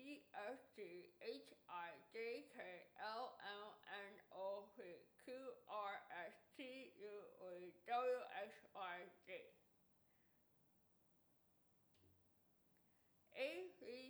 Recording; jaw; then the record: letters of the alphabet, spoken; constrained by a bite bar between the teeth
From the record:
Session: first day, right after the free take